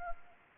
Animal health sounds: mosquito wingbeat signal from an infrared sensor; Anopheles arabiensis

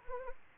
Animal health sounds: mosquito wingbeat signal from an infrared sensor; Anopheles arabiensis

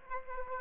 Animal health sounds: mosquito wingbeat signal from an infrared sensor; Aedes aegypti

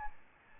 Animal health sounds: mosquito wingbeat signal from an infrared sensor; Aedes albopictus

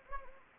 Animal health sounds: mosquito wingbeat signal from an infrared sensor; Anopheles gambiae

